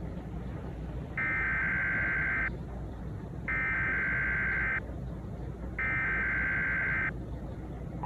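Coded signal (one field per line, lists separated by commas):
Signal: Emergency Alert System (SAME) tones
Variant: header bursts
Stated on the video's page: Fictional EAS scenario, self-made, with some self-made sound effects.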